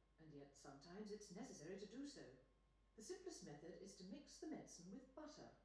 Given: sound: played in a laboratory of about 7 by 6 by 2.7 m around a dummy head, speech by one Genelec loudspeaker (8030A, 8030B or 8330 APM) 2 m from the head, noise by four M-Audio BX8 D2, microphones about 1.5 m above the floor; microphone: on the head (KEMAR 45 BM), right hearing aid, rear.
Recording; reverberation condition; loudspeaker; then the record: female speech in English; medium; 60 degrees to the left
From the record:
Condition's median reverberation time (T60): about 510 ms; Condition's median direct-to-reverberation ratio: about -0.5 dB